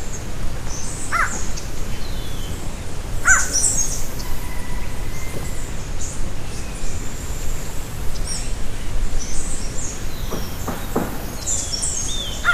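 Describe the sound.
Bird calls: a few short, sharp calls with ringing harmonics, spaced seconds apart, plus faint thin whistles over a steady rushing background noise.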